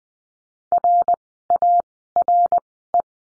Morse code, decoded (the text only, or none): RARE